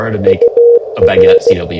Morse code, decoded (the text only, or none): UR